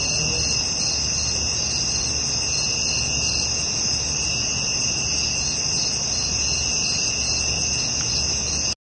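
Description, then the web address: Night insects chirring nonstop in several high, even bands, a constant shimmering sound that cuts off abruptly just before the end. "SFXSource AOS Night Insects"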